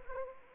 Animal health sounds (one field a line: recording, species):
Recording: mosquito wingbeat signal from an infrared sensor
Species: Anopheles arabiensis